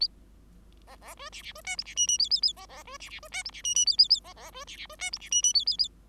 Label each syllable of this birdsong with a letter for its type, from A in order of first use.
A B B C D D C E F D G G A A A B B C D D C E F D G G A A A B B C D D C E F D G G A A A